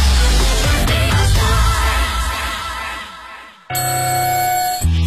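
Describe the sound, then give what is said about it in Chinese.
A dense, swelling burst of sound fades out, then a loud, steady electronic alarm clock rings with bright buzzing tones for just over a second before cutting off. “叫醒你的是闹钟，是梦想，还是你家的猫？”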